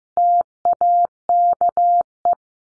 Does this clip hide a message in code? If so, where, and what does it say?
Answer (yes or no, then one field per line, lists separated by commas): yes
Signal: Morse code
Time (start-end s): 0.2-2.3 s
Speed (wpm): 15 wpm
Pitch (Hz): 700 Hz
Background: none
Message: TAKE